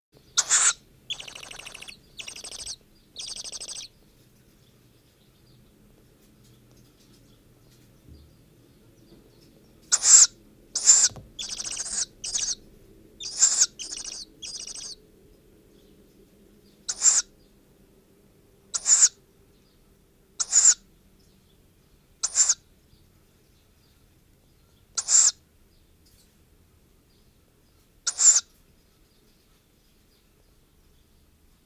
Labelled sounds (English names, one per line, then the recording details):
Tawny Owl
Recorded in the wild
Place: Blumenholz, Mecklenburg-Vorpommern, DE
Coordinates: 53.453, 13.186
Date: 1980-05-08 08:15
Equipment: Nagra III BH, Sennheiser MD 21
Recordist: Schubert, Michael
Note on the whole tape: Ca. 20-tägiger, handaufgezogener Waldkauz diverse Rufe